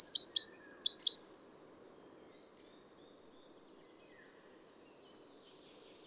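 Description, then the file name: Great tit giving two quick phrases of two sharp notes and a sustained whistle, followed by a long quiet pause and one final note. Adult male, singing, single individual. "gtit-major-1-AD-M-S. felgentreu"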